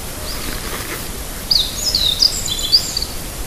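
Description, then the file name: Meadow bunting song: after a quiet start, one short burst of high, bright, jumbled notes rises above a steady hissing background. "hojiro"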